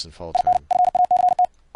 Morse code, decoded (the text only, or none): IN FACT